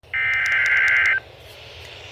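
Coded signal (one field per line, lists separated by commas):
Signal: Emergency Alert System (SAME) tones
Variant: header bursts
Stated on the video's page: Severe thunderstorm warning EAS alert received on NOAA Weather Radio and FM radio.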